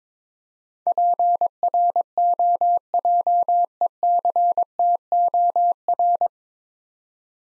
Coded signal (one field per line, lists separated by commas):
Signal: Morse code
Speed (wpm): 22 wpm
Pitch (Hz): 700 Hz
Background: none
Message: PROJECTOR